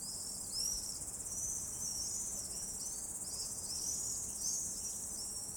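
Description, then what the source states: Swallows giving short arched chirps, several overlapping in loose bursts, over a steady high insect-like hiss. Swallows hunting insects in a town.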